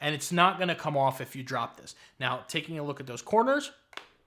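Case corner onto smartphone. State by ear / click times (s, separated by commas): seated / 4.0 s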